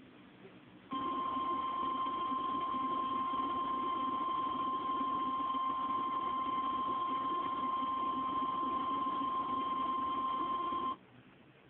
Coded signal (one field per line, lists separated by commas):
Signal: Emergency Alert System (SAME) tones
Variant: 1050 Hz attention tone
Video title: eas #9 Severe Thunderstorm Warning